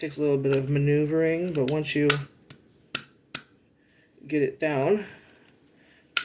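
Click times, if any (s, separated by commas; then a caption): 6.2 s. Someone talks while the steel takedown lever of a P320 X5 Legion pistol is maneuvered into the fire control unit, with small taps and clicks at about 2.5, 3.0 and 3.4 seconds during the maneuvering. The lever is then pushed down and pops into place with a sharp click at 6.2 seconds, seating it.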